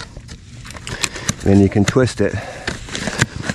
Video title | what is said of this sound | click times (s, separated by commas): How to Dry Out Wet Soggy Yard - 100% Guaranteed | until it snaps together look at that and that's tight | 3.2 s